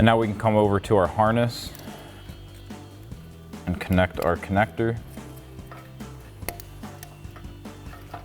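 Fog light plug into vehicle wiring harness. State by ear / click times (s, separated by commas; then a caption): seated / 6.5 s. Someone talks, then a plastic fog light wiring connector for Raxiom Axial Series LED fog lights is pressed into the wiring harness of a 2014-2015 Sierra 1500 truck. It clicks in sharply at 6.5 s, followed by a few softer handling taps, and the connector is seated.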